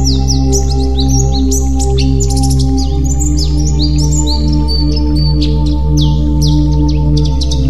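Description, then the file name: White-eye, busy high-pitched twittering with sliding notes and buzzy trills, nonstop, with a low humming tone beneath. White-eye 'terapi' (therapy) song. "terapi pleci"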